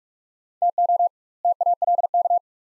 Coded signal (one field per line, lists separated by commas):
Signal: Morse code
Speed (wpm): 42 wpm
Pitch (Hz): 700 Hz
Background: none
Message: TO TALK